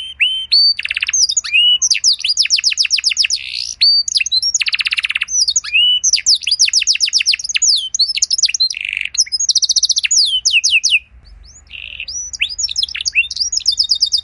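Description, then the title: Canary song running nearly without pause: cascades of fast sweeping notes, rolls and buzzy trills, a short quiet break near the end, then more trilling. Belgian canary song with rich phrases (cengkok), meant to make other canaries answer with long continuous song. "Canto Para Esquentar Canário Belga. Suara Burung Kenari Lagu dan Cengkok Mewah Buat Kenari Lain Bakal Langsung Nyaut Gacor Panjang"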